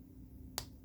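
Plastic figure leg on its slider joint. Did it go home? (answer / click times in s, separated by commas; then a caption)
yes / 0.6 s. The leg on the slider joint of a plastic transforming robot figure (Zeta ZC-01 Downthrust / ZC-02 Skystrike) is pushed along until it pops into its locked position. A short, sharp pop at 0.6 s rises above a steady low hum. The leg is seated and secure.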